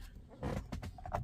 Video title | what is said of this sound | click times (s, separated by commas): Tesla Model / Y Carbon Fiber Steering Wheel (ebay) | push it in till it clicks okay now it's on all | 1.1 s